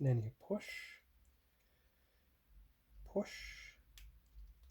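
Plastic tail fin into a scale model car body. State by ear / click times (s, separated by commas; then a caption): seated / 4.0 s. A plastic tail fin is pushed by hand into a scale model ECTO-1 car body while someone talks. A sharp snap at 4.0 s marks the fin seating into place.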